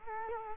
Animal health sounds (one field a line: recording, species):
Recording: mosquito wingbeat signal from an infrared sensor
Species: Culex quinquefasciatus